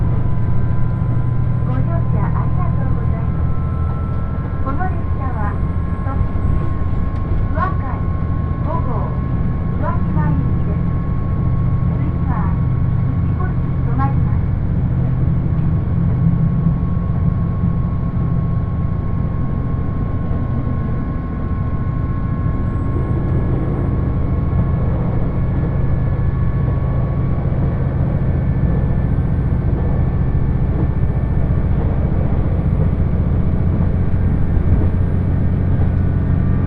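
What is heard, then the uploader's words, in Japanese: Interior of a diesel limited express train on the Yosan Line, with a steady deep engine rumble and rolling noise throughout. A thin whine holds through the run, and short clicking, squealing touches cluster in the first fifteen seconds, then the rumble swells slightly after twenty seconds. 予讃線特急宇和海5号 松山→伊予大洲。伊予市から西は非電化区間なのでディーゼル特急となります。TSE2000系の特急宇和海5号は2両編成。窓側座席をキープしました。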